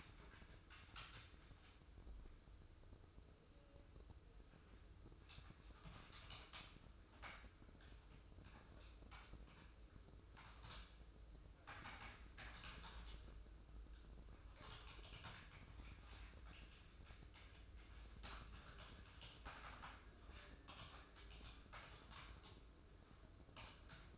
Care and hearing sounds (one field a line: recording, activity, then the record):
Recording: daily activity, microphone in the room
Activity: typing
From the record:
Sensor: 2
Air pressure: 995.1 hPa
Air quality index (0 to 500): 64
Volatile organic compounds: 2 ppm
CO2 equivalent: 1090 ppm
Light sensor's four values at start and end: 19/61/23/24 and 19/61/23/24